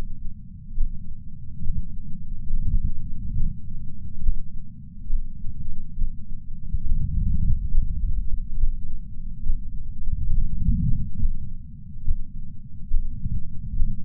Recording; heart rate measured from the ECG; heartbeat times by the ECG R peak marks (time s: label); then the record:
heart sounds by patch sensor on the chest; 69 bpm
0.78 s: heartbeat
1.65 s: heartbeat
2.51 s: heartbeat
3.37 s: heartbeat
4.24 s: heartbeat
5.10 s: heartbeat
5.99 s: heartbeat
6.87 s: heartbeat
7.73 s: heartbeat
8.58 s: heartbeat
9.44 s: heartbeat
10.32 s: heartbeat
11.21 s: heartbeat
12.06 s: heartbeat
12.92 s: heartbeat
13.77 s: heartbeat
From the record:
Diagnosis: coronary artery disease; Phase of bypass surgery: preoperative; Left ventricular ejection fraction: 69.1%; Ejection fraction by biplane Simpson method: 68.2%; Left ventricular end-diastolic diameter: 44 mm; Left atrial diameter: 36 mm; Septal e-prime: 8.3 cm/s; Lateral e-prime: 8.5 cm/s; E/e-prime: 10.7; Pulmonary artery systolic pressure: 35 mmHg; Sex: male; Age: 76 years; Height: 165 cm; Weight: 79 kg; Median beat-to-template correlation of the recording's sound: 0.89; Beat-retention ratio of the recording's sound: 0.98